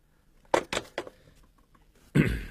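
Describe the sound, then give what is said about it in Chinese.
Three quick, sharp knocks on a door in a fast uneven rhythm, followed after a short pause by a louder, longer burst of sound. “哦， 好了，不能聊了，有人敲门，改日再见。”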